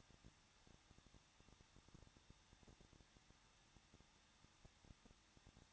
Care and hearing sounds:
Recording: daily activity, microphone in the room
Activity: no activity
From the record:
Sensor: 3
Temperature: 21.2 degrees Celsius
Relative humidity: 36.3%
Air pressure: 1006.5 hPa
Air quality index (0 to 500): 221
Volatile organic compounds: 39 ppm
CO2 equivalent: 3132 ppm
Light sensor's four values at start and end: 2/3/2/2 and 2/3/2/2

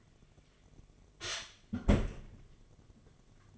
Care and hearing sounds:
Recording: daily activity, microphone in the room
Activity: close fridge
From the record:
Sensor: 4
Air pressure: 1005.5 hPa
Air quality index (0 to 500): 172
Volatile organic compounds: 4 ppm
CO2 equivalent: 1696 ppm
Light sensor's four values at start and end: 5/11/4/4 and 6/13/5/4

